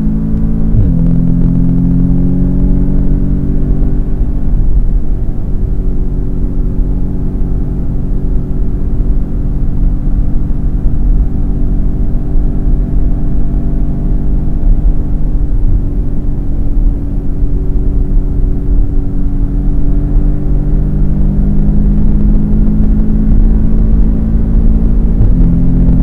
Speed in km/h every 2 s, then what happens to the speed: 139, 145, 142, 141, 142, 143, 146, 146, 143, 143, 154, 163, 169.
0-19 steady at about 143. 19-26 speeds up to 169.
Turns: none.